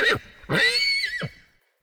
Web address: horse nicker whinny